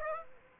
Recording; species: mosquito wingbeat signal from an infrared sensor; Aedes aegypti